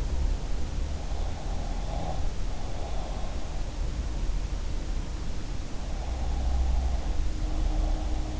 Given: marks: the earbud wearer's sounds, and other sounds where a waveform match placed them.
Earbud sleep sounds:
sounds in sleep by an in-ear microphone; breath
1.01-3.45 s: breath
5.92-8.40 s: breath

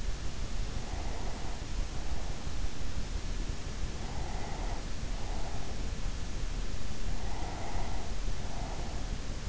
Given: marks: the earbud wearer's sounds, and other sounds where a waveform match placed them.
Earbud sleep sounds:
sounds in sleep by an in-ear microphone; breath
0.60-2.58 s: breath
3.95-6.21 s: breath
6.98-9.49 s: breath

